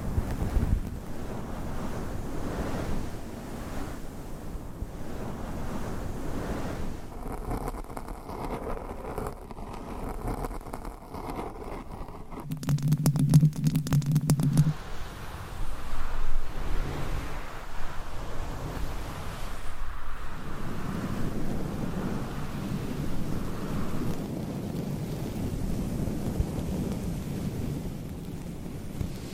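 Scratching and rubbing on microphones and their covers fills the recording with a dense, rough, continuous rustle, weighted toward the low end. The texture shifts every few seconds, with a sharper crackling burst around 12 to 15 seconds and a deeper, heavier scrape after 20 seconds.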